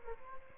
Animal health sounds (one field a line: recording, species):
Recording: mosquito wingbeat signal from an infrared sensor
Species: Aedes albopictus